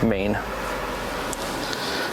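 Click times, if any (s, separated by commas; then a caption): 1.3 s, 1.7 s. Someone talks briefly as a Pulsar XT module's harness connector is pushed into an open spot on the green under-dash connector panel of a Jeep Wrangler 2.0L. Sharp clicks sound at 1.3 s and 1.7 s over a steady background hiss. The connector is seated tight in the panel.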